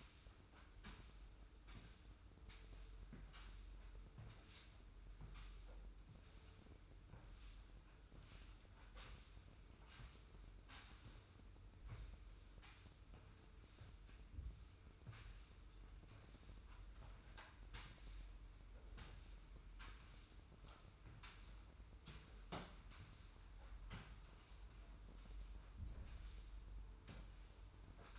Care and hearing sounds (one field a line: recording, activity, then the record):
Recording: daily activity, microphone in the room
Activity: sweep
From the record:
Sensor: 2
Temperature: 25.1 degrees Celsius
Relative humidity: 45.4%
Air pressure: 990.3 hPa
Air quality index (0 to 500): 210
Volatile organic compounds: 1000 ppm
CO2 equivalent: 6742 ppm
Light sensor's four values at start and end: 31/72/30/30 and 31/72/30/30